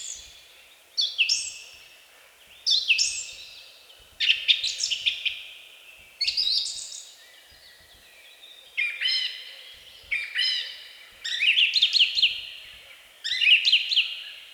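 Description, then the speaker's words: Song thrush song: a string of loud, varied phrases, some repeated, some rough and rattling, some clear. Song; rendered as 'Spiridon, Spiridon, come, come, drink tea, drink tea'; voice sonorous, solemn; long, varied song, heard from early April, loudest mornings and evenings; sings at sunset from spruce tops. "С начала апреля, едва певчие дрозды прилетают на родину, с утра до вечера, особенно громко именно по утрам и вечерам, звучит их песня. Вот-вот, слышите?"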